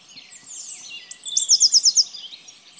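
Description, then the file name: Eurasian blue tit giving one phrase: a thin high note followed by a fast, bright trill of about six notes, with faint twittering from other birds around it. "Cyanistes caeruleus"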